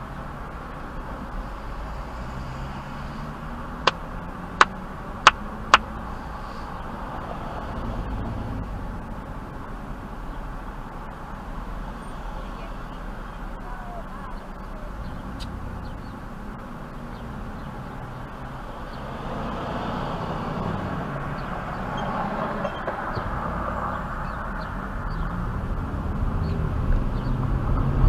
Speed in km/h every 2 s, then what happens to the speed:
0, 0, 0, 0, 0, 0, 0, 0, 0, 0, 0, 0, 0, 13.
0-25 standing. 25-28 pulls away to 13.